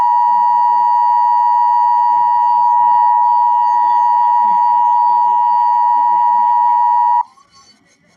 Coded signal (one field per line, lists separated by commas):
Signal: Emergency Alert System (SAME) tones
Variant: 853 and 960 Hz attention tone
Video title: EAS Mocks #2 Severe Thunderstorm Warning For Webb TX